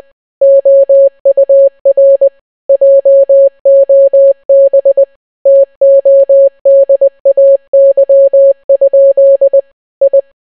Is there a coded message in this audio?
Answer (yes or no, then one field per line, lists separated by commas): yes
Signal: Morse code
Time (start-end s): 0.4-10.2 s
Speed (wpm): 20 wpm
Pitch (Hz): 550 Hz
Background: none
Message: OUR JOB TODAY? I